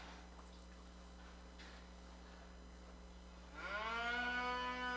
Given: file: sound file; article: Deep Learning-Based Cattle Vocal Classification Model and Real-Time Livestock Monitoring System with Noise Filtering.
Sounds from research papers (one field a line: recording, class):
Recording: cattle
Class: normal call